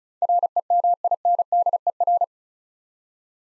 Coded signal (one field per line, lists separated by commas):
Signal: Morse code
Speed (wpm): 36 wpm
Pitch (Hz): 700 Hz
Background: none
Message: REMINDER